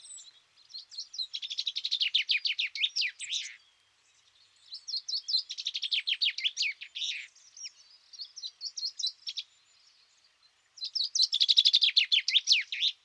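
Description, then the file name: Common chaffinch singing several rapid phrases of bright, closely repeated notes, separated by short pauses. "Fringilla coelebs"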